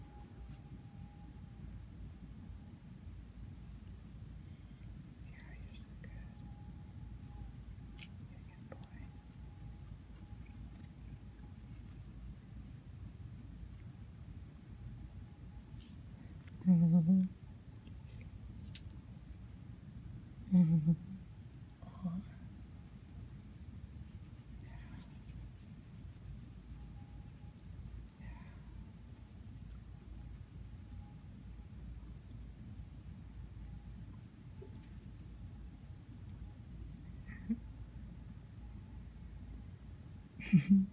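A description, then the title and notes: A cat purrs in a steady, low rumble that runs unbroken for the whole length. Three short, louder low sounds break in around 17, 21 and 41 seconds, with a faint thin hum and a few soft clicks in the background. Tuco demands head scratches. Purrrrrr.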